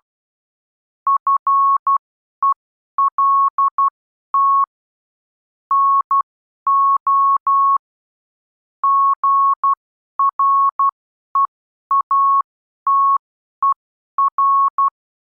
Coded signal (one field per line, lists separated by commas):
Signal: Morse code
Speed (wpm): 12 wpm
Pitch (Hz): 1100 Hz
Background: none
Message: FELT NO GREATER